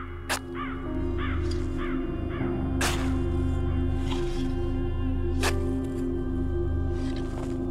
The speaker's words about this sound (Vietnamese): Ở trên bầu trời, một con quạ vỗ cánh phành phạch, bay vút lên, rít lên từng tiếng thê lương, như một lời nhắn gửi từ địa ngục.